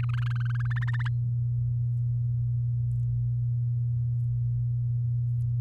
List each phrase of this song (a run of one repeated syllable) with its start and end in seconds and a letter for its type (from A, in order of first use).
0.03-0.73 A, 0.76-1.08 B